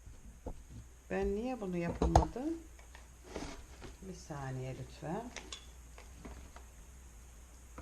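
A plastic mixer/whisk attachment is being fitted onto a hand blender motor unit after some struggle. Someone talks while small handling knocks and taps are heard. The attachment has not seated or clicked yet by the end of the clip.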